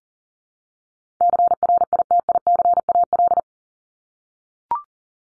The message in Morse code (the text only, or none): CRITICAL